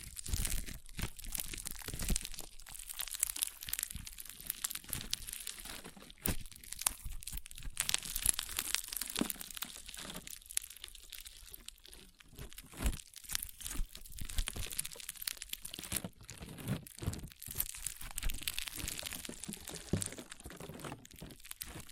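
Crunchy slime being squeezed and pressed produces a continuous stream of dense, crackly crinkles and crunches, steady throughout with bright, rapid popping bursts.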